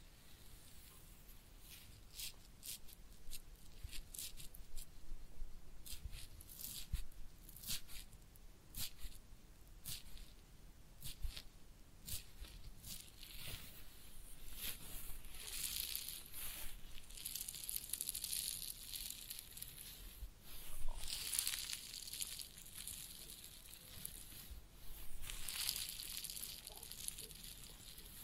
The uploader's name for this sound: Real Head Massage and Ear Cleaning